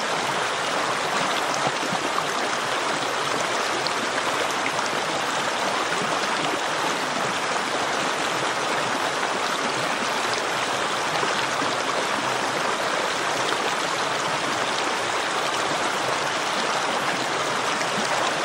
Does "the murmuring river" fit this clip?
yes